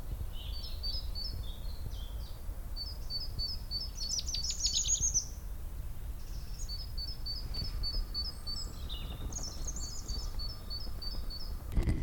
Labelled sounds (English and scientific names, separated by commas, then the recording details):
Common Chaffinch (Fringilla coelebs)
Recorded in the wild
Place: Naturfreundehaus - Üdersee, Nationalpark Untere Oder, Brandenburg, DE
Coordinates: 52.85, 13.68
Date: 1996-03-26 13:38
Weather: bedeckt, 3°C
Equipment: Sony MD-WM MZ-R3, Sennheiser ME 80, Kopie Uher 4000 Report Monitor
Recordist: Tembrock, Günter
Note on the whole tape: Gesangsbruchstücke (Futtersuche, Durchzügler ?)